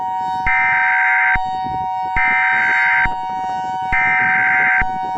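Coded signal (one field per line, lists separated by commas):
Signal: Emergency Alert System (SAME) tones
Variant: header bursts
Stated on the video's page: Fictional hypothetical EAS scenario about the world sinking into the oceans.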